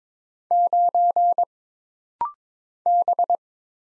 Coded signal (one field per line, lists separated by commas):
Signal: Morse code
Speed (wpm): 22 wpm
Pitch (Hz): 700 Hz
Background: none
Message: 9 B